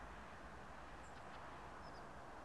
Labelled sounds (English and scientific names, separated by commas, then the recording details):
Song Thrush (Turdus philomelos)
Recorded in Germany
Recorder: ecoPi